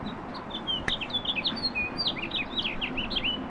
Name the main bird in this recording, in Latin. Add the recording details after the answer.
Haemorhous mexicanus. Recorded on Long Island, New York, on 18 April 2012. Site GC. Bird B